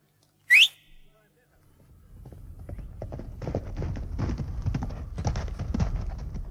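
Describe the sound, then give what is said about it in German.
A single sharp, rising whistle rings out, followed by a short silence, then a steady, building clatter of hooves drumming in an uneven rhythm as a horse approaches. “Ruf dein Pferd herbei.”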